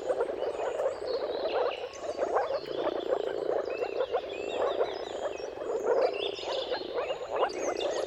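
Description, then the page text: Chorus of moor frogs: a steady mass of muffled, bubbling calls, with scattered bird song and chirps over the top. Moor frogs giving mating calls in a dawn chorus at sunrise, at the turn of March and April depending on the weather; recorded by Jakub Orzecki. "Jakub-Orzecki moor frogs. Dawn’s Chorus: Mating Calls of Marsh Frogs at Sunrise. Depending on the weather at the turn of March and April, you can witness an amazing spectacle of moor frogs"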